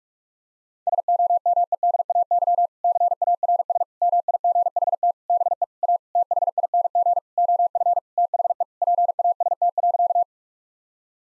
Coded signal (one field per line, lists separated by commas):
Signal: Morse code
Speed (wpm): 41 wpm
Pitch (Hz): 700 Hz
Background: none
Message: SOMEDAY CARS MIGHT BE A THING OF THE PAST.